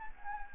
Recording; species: mosquito wingbeat signal from an infrared sensor; Anopheles gambiae